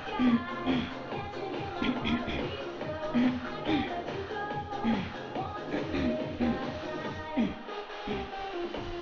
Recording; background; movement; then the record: throat clearing; music; sitting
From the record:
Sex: female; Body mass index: 22.6 kg/m2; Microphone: on the chest, facing outward